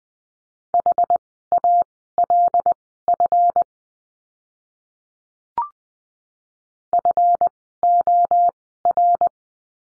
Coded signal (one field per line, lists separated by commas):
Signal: Morse code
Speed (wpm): 20 wpm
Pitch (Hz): 700 Hz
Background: none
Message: HALF FOR